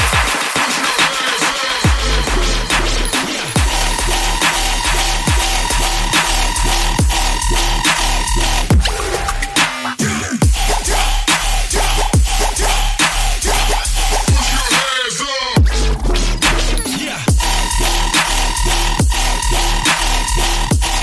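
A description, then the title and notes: Robot noises: a dense, busy run of electronic bleeps and steady tones over a low, continuous hum that comes in after about two seconds. Quick, regular clicks and taps pulse throughout, with warbling, swooping sounds near ten and fifteen seconds. Robot noises.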